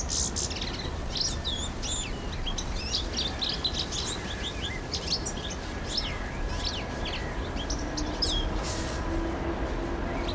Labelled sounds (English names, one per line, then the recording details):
European Goldfinch
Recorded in captivity
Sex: male
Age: adult
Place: Zoo Berlin, Berlin, DE
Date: 1992-11-07 12:03
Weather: bedeckt, 14°C
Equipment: Marantz CP 430, Sennheiser ME 80, Kopie Tesla B 116
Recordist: Tembrock, Günter